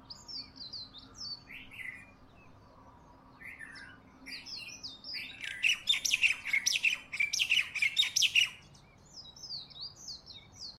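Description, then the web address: Bird song with short slurred whistled phrases and chirps, broken by a loud, rapid run of harsh chattering notes midway, then quieter whistles again. Bird recorded close up in Honolulu in the morning. "Lynne Music 2 Honolulu-Morning-Bird-Close-Up-Long"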